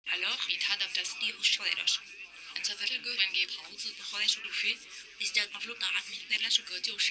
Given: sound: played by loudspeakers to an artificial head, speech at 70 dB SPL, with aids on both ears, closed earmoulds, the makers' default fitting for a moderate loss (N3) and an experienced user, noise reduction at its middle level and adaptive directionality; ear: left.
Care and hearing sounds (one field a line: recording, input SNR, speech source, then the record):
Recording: speech test signal (ISTS) in cocktail-party noise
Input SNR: +6 dB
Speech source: in front (0 degrees)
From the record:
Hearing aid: class 2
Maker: H